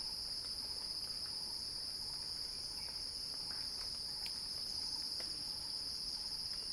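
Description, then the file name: Cicadas sing with a continuous shrill buzz at constant pitch, and soft pulsing ticks repeat quickly underneath. "earth-fm Axel-Drioli Cicada-Crescendo-Sounding-Wild"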